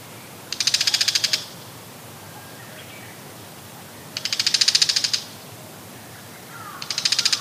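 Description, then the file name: Bull-headed shrike producing three harsh, buzzy, rapidly stuttered bursts separated by quiet gaps. "mozu"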